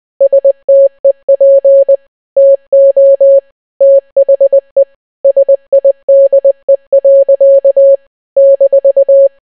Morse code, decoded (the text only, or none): STEP TO THE SIDE. -